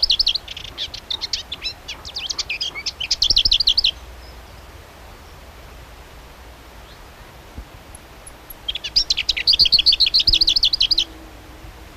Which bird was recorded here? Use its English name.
Lesser Whitethroat